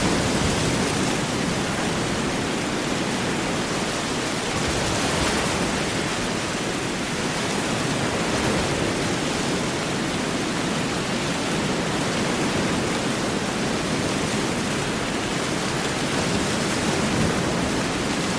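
Heavy rain and big ocean waves make a thick, unbroken roar that fills everything from a low rumble up to a bright hiss. The sound stays dense and steady throughout, with only slight swells, such as one near five seconds, and no separate events standing out.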